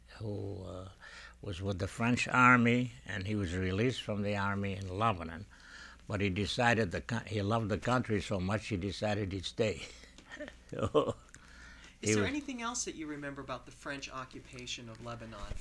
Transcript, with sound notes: who, uh, was with the French army, and he was released from the army in Lebanon, but he decided, he loved the country so much he decided he'd stay. ( he laughs ) So, he was...
Is there anything else that you remember about the French occupation of Lebanon?